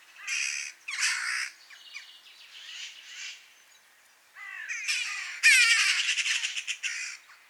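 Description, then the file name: Eurasian magpie giving two short rattling bursts and softer rasping notes, then a long, loud harsh chatter in the second half. "Pica pica"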